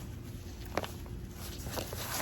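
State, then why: Seated. A small snap fastener on a fabric canopy is pressed closed onto the frame of a Radio Flyer Convertible Stroller Wagon. A short, sharp snap is heard at 0.8 s over a low background rumble, with a fainter tick just after, and the canopy is seated.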